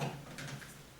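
The metal tilt steering column on a Snapper LT12 tractor is moved and handled toward its lock position, heard as a low steady hum beneath soft, brief rustling and scraping bursts that fade slightly toward the end. Nothing has seated or clicked into the lock yet.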